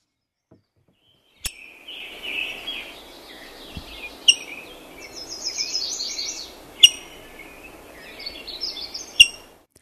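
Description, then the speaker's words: Rose-breasted Grosbeak chip calls: sharp, squeaky single notes repeated every two to three seconds, over other bird song and background noise. Chip call, a squeak likened to an old tennis shoe on a gym floor. "We opened with the call of the rose-breasted grosbeak. Let's hear it again to refresh our memory."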